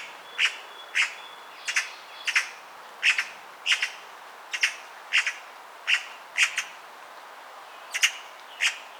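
Eurasian magpie calling with dry, harsh chattering notes, some doubled, repeated steadily in a series, against a quiet hiss.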